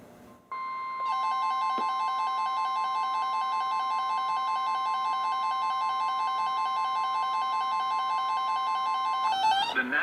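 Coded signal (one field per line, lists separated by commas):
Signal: Emergency Alert System (SAME) tones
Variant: 1050 Hz attention tone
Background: speech, music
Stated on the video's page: NOAA Weather Radio alerts from Sterling transmitter on 162.550 and Wakefield transmitter on 162.475 received via propagation: weekly test, marine, tornado and thunderstorm warnings.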